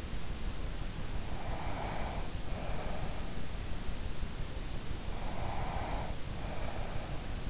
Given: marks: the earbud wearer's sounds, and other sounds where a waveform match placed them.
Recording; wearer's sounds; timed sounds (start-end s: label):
sounds in sleep by an in-ear microphone; breath
1.13-3.65 s: breath
5.25-7.50 s: breath